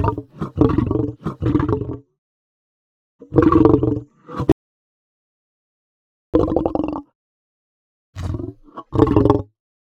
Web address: lion snarl aggressive